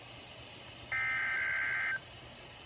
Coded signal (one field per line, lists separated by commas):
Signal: Emergency Alert System (SAME) tones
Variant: header bursts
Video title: Required Weekly Test on @KTB2212’s radio (EAS #2)